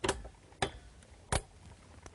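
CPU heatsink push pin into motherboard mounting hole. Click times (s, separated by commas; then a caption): 0.1 s, 0.6 s. The remaining two CPU heatsink push pins on the other corners are pressed down into their motherboard mounting holes, each locking in with a sharp click at 0.1 s and 0.6 s. Another sharp snap follows at 1.4 s, with fainter ticks around 1.0 s and 2.1 s. Afterwards the pins are checked and all are fully seated.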